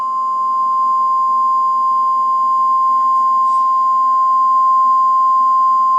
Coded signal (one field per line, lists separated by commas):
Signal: Emergency Alert System (SAME) tones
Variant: 1050 Hz attention tone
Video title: EAS Scenario: Second Pacific War